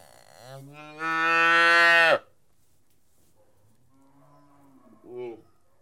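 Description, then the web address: Domestic cattle calves calling: one loud, drawn-out bawl, then a faint low moan and a brief short call near the end. Young calves feeding; livestock. "BBC Sound Effects Library Livestock Young Calves Feeding"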